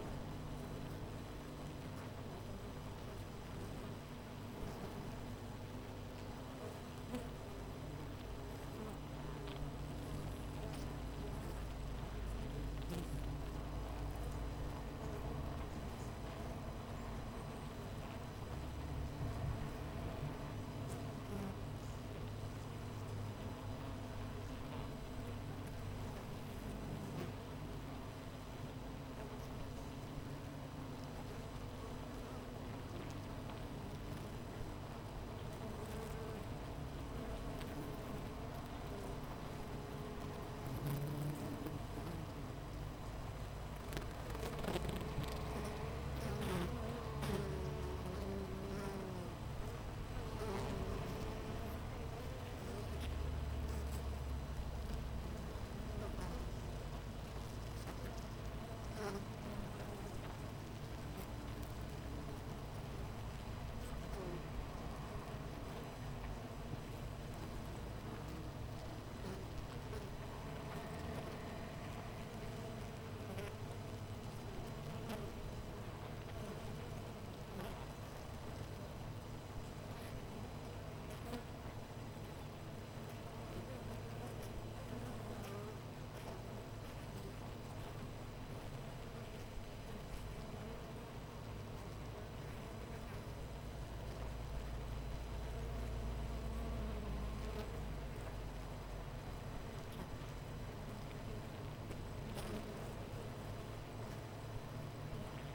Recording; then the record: honeybee colony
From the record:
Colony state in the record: missing queen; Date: 14 July 2017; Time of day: 8:08